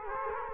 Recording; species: mosquito wingbeat signal from an infrared sensor; Culex quinquefasciatus